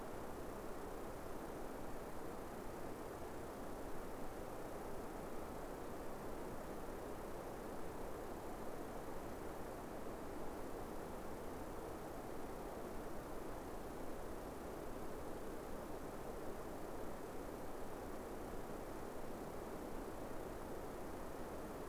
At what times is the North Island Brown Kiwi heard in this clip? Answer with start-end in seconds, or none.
none